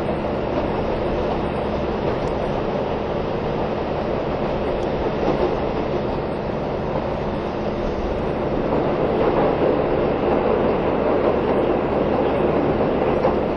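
A KiHa 183 series diesel train, the Asoboy, runs between Kumamoto and Miyaji with a steady, dense rumble and rattle that holds an even level throughout. Low engine drone sits under continuous rail clatter, with the sound swelling slightly after about eight seconds.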